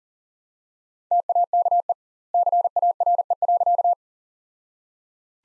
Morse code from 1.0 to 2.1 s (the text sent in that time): TAKE